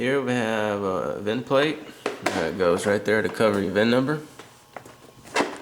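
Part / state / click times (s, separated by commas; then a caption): plastic VIN cover into scooter body panel / not seated / none. Someone talks while handling a plastic VIN plate cover that goes over the VIN number on a 50cc scooter body panel, with a few light handling knocks, one sharp tick at 4.8 s. The cover is being brought to its opening, but nothing has seated or clicked yet.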